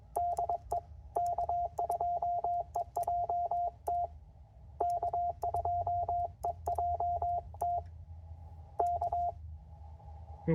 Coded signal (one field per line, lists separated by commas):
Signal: Morse code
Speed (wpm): 22 wpm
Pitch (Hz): 700 Hz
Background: radio noise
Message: DE K2EJT K2EJT K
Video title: CW POTA with the Penntek TR-45L